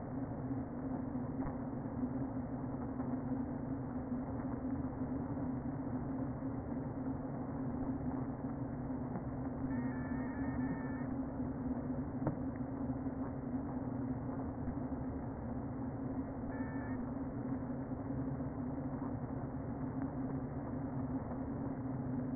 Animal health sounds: honeybee colony, microphone inside the hive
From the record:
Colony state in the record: queen present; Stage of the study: before two queens were removed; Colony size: about 60,000 bees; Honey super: yes

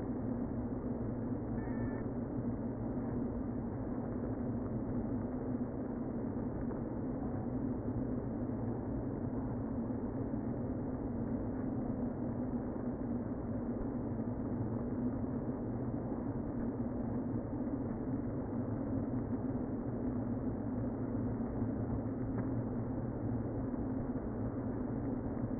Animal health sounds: honeybee colony, microphone inside the hive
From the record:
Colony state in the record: queen present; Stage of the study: before two queens were removed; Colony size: about 60,000 bees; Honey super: yes

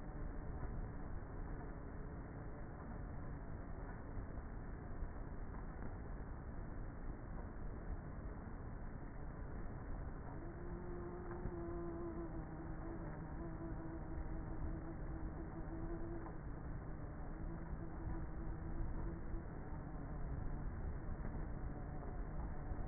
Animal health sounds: honeybee colony, microphone inside the hive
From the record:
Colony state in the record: queenless with a low population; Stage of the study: before two queens were removed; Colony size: about 30,000 bees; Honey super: no

